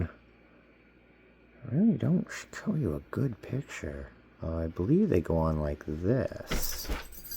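A plastic armor piece is handled against the body of a snap-together Transformers model kit figure while someone talks throughout. There are faint rustles and a brief noise burst near the end. Nothing has seated or clicked yet.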